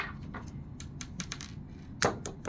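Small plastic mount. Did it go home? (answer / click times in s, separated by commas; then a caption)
no / none. A magnetic quick-release mount, a plastic clip adapter, is handled against the bottom of a DJI Osmo Action 4 action camera, giving light plastic taps and rattles with a louder knock around 2.0 s. Nothing has seated or clicked yet.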